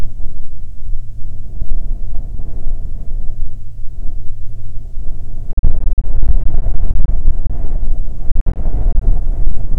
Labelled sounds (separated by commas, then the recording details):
wind, aircraft
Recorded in the Prudhoe Bay oil fields, Alaska, on 23 July 2019 at 11:08
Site 14